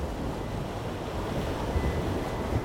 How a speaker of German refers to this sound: Jenseits der Meerenge liegt der in der sanften Junibrise angenehm wogende Atlantik.